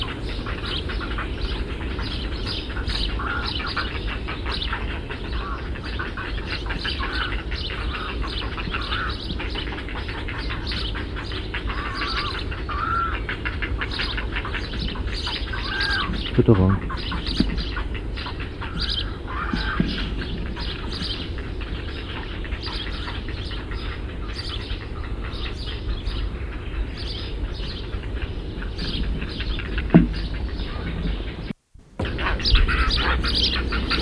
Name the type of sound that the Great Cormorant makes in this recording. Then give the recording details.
call. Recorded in the wild. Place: Niederhof, Insel Rügen, Mecklenburg-Vorpommern, DE. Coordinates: 54.258, 13.196. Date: 1970-06-05. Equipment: Nagra III BH, Sennheiser MD 21, parabola. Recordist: Schubert, Michael